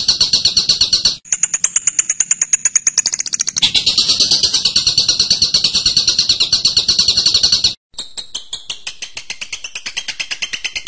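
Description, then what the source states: Bird song: a rapid buzzy trill, then a fast ticking series topped by a thin high whistle, then a long rich buzzy trill, a sudden stop, and a final run of rapid dry ticks with scattered high notes. Recording used to train captive birds.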